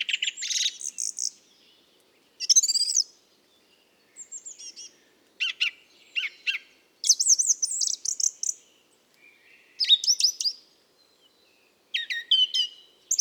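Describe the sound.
Mistle thrush singing varied phrases of whistled slurs and sharp high squeaks, each phrase around a second long and separated by short silences.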